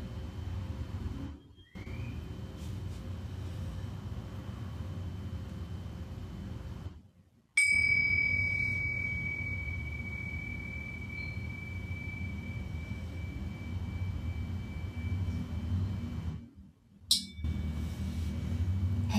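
A singing bowl is struck once near eight seconds and rings bright and slowly fading over a steady low rumble, with brief dropouts.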